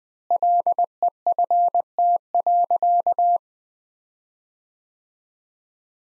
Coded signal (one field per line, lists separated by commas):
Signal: Morse code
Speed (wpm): 20 wpm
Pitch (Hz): 700 Hz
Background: none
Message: LEFT.